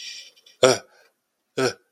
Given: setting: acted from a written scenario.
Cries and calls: vocal sound without words; distress

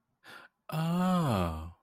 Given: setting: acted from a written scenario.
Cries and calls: vocal sound without words; interest

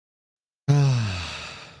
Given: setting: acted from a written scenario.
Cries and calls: vocal sound without words; contentment

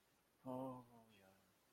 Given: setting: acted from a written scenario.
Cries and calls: vocal sound without words; romantic love

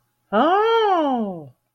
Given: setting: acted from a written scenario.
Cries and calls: vocal sound without words; positive surprise

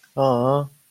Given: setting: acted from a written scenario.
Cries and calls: vocal sound without words; adoration

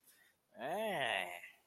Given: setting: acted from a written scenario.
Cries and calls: vocal sound without words; disgust

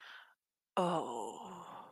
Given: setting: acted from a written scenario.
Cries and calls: vocal sound without words; embarrassment

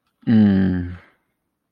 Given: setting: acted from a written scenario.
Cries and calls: vocal sound without words; romantic love

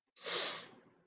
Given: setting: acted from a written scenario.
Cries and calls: vocal sound without words; contempt

